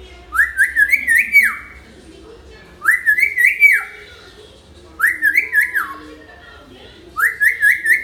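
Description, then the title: Hill myna repeating the same rising, wavering whistled phrase about every two seconds, four times. Talkative ('gacor') hill myna song used as a tutor recording for training birds. "Suara Burung Beo Gacor Cocok Untuk Masteran"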